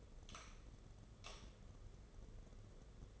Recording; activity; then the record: daily activity, microphone in the room; light on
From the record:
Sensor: 4